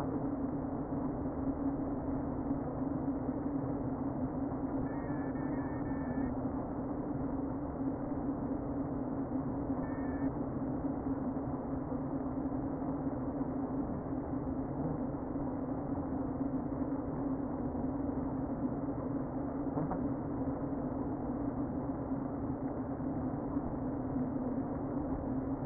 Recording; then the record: honeybee colony, microphone inside the hive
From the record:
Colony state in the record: queen present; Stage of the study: before two queens were removed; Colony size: about 60,000 bees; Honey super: yes